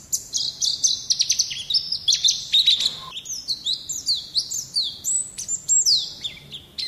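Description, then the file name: White-eye song: a rapid, continuous stream of high, thin chirps and short whistled slurs, many notes rising or dropping sharply, with barely a pause throughout. White-eye (pleci) singing in the song style called "ngalas". "pleci ngalas omkicau"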